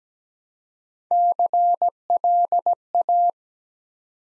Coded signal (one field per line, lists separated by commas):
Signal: Morse code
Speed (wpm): 17 wpm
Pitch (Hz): 700 Hz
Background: none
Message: CLA